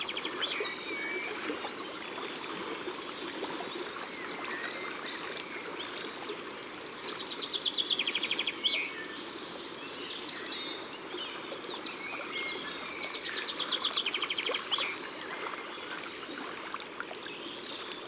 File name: Roitelet Huppe Concerts Naturels De l Ardeche